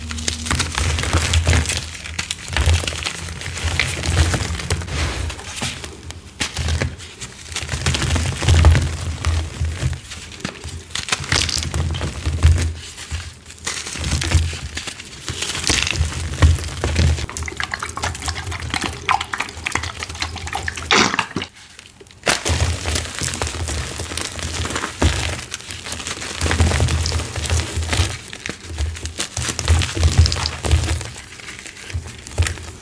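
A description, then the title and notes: Cornstarch crunches, dense crackling squeaks with steady low thumps, one brief silence near twenty-two seconds. Random Cornstarch Crunchies Crushes.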